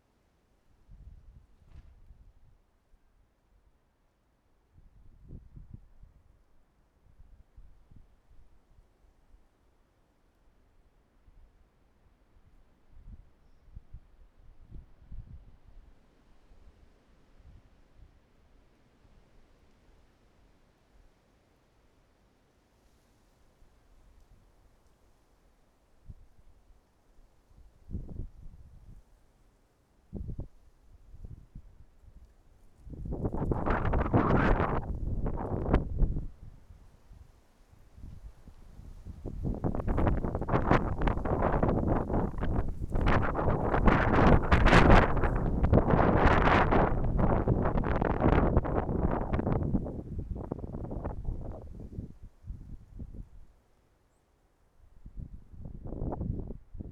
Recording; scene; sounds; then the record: everyday scene through a hearing-aid microphone; wind on the microphone; wind, traffic, birds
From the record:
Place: suburban garden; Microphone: behind the ear, right, front